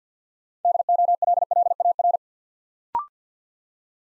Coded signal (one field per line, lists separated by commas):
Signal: Morse code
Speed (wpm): 50 wpm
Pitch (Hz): 700 Hz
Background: none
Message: DOLLAR